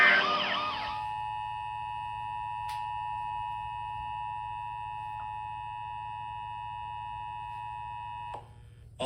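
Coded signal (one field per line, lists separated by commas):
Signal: Emergency Alert System (SAME) tones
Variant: 853 and 960 Hz attention tone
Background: music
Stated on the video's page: Fake fictional SCP 049 scenario alert.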